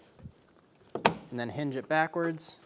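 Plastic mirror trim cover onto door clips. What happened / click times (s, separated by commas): The trim piece is being positioned but has not snapped in yet / none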